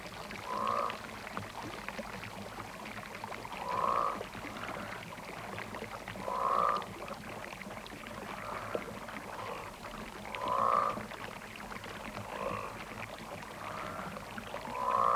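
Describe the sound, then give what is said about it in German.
Water drops plink one at a time every few seconds, each a bright, mid-pitched note trailing into a soft swell, over a steady low, hollow rumble with no voices. “Wassertropfen und Fliegenbass”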